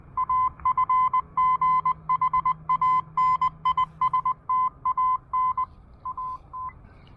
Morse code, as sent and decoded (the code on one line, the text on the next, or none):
.- ..-. --. .... .- -. .. ... - .- -. / .- -
AFGHANISTAN AT